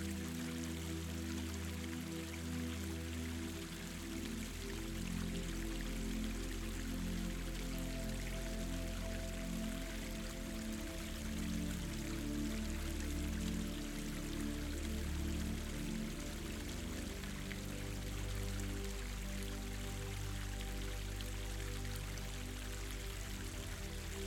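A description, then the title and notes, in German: A stream rushes steadily throughout, its dense, even hiss filling the upper range without pause. Beneath it, gentle music plays low sustained notes that shift slowly from one chord to the next, forming a soft, continuous backdrop. SCHNELL Einschlafen dank dem Entspannenden Klang eines BACHES und Sanfter MUSIK.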